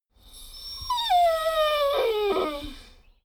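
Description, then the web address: Dogo Argentino giving one long, high whine that starts sharp and slides steadily downward in pitch, with a few breathy catches near the end. "soundpool geraeusche natur-tiere hunde"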